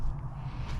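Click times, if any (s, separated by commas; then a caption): none. A metal snap ring is handled as it is pushed toward the retainer bolt of a shorty lever for a Low Rider S. Only a steady low rumble and soft handling noise are heard, with no sharp click. Nothing has seated or clicked yet.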